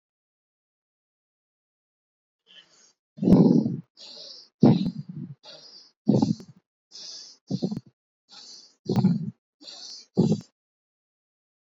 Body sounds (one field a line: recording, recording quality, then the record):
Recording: shallow breathing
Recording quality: excellent, no background noise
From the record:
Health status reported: healthy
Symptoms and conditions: cold, fatigue, muscle pain, loss of smell and taste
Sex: male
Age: 39 years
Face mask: not worn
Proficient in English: yes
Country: India